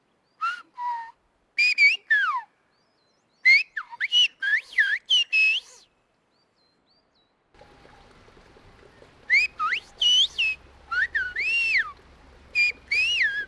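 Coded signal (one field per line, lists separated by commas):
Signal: whistled language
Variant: whistled Béarnais Occitan (Aas)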